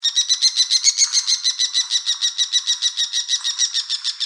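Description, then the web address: Bull-headed shrike giving a fast, harsh chattering call of many rapid, evenly spaced, high buzzy notes, continuing steadily throughout. Recorded on 25 November 2016. "birdenaga mozu"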